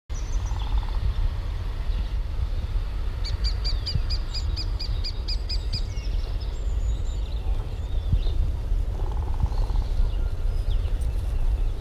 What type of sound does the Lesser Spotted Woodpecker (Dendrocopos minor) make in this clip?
call